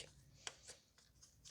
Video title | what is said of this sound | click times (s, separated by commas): 2019 Honda Civic 2.0 - K20C2 - Spark Plugs Replacement | just make sure you hear in in the audible click | 0.5 s